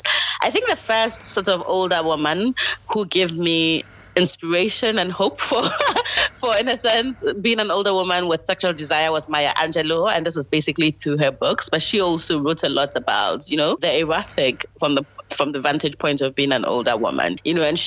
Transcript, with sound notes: I think the first, sort of, older woman who gave me inspiration and hope for, (laughter) in a sense, being an older woman with sexual desire was Maya Angelou, and this was basically through her books, but she also wrote a lot about the erotic from the vantage point of being an older woman, you know.